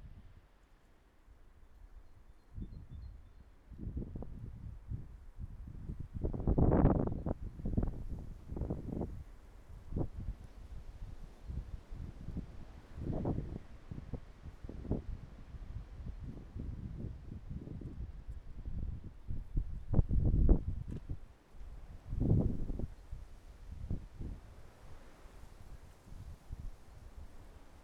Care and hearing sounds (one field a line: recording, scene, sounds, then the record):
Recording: everyday scene through a hearing-aid microphone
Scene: wind on the microphone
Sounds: wind, traffic, birds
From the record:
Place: suburban garden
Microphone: behind the ear, right, front